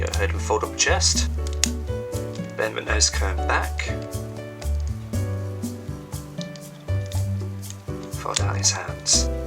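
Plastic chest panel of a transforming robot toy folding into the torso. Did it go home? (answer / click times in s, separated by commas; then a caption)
yes / 1.6 s. Someone talks over background music while transforming a Transformers G1 Classics Starscream robot toy into robot mode: a plastic part is folded down on the door hinge into the chest and the chest is folded up. The plastic chest panel clicks into place with one sharp, loud snap at 1.6 s, followed by a few softer plastic handling taps.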